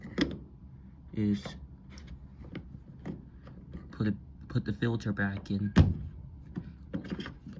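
Someone talks while a plastic drain pump filter is handled and put back toward its pump housing on an LG WM3400CW front-loading washing machine, with a few short knocks and taps. The filter has not seated or clicked into the housing yet.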